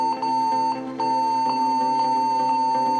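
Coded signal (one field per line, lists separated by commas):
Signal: beep code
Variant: Acer laptop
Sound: one continuous high beep for the whole clip, with soft ticks twice a second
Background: small room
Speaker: दोस्तों हमारे पास है आज असर का एक लैपटॉप इसमें आ रही है स्टार्ट में बीप की आवाज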